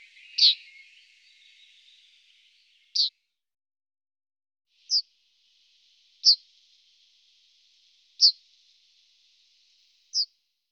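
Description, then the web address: Yellowhammer calls: short, sharp, high single notes given about every two seconds, six in all, with a faint high hiss in between. "IVN Zangvogels Geelgors"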